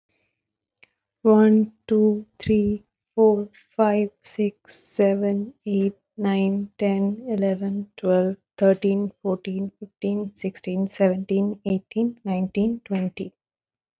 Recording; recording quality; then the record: counting at a normal pace; excellent, no background noise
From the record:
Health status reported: respiratory illness, not identified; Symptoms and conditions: asthma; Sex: female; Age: 27 years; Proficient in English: yes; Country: India